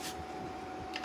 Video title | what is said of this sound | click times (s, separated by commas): ECOFLOW WAVE 2 Fire and Ice 🧊 🔥 | they're just clicking there with a Twist | 1.0 s